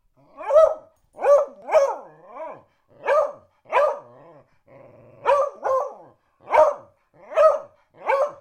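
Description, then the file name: Dog barking: many short, harsh barks, some doubled, with a few softer sounds between them. "pies"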